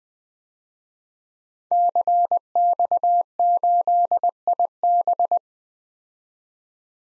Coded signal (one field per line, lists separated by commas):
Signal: Morse code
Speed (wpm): 21 wpm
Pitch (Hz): 700 Hz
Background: none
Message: CX8IB